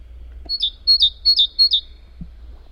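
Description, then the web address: Great tit calling, a run of four sharp two-note phrases, a high note dropping to a lower one, given quickly in a steady rhythm. "SETE Parus major"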